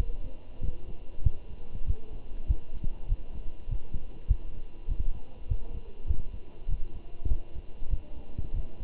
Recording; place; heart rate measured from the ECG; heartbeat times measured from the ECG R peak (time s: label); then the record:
heart sounds by stethoscope; between the tricuspid and mitral areas; 98 bpm
0.62 s: heartbeat
1.24 s: heartbeat
1.87 s: heartbeat
2.48 s: heartbeat
3.09 s: heartbeat
3.70 s: heartbeat
4.28 s: heartbeat
4.89 s: heartbeat
5.49 s: heartbeat
6.08 s: heartbeat
6.69 s: heartbeat
7.29 s: heartbeat
7.91 s: heartbeat
8.54 s: heartbeat
From the record:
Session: walking at 3.7 km/h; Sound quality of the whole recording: good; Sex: male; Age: 23 years